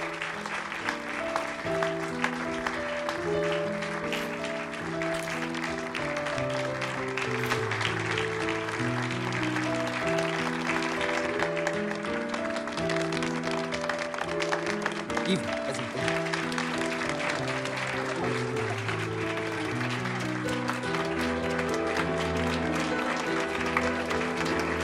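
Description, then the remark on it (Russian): Steady clapping from a crowd greets a bride entering in a white dress, rolling on for the whole stretch beneath a loud melodic music track with held, stepping notes; the applause stays even and continuous. “Выходит невеста в белом пышном платье с пышными плечами. Все аплодируют.”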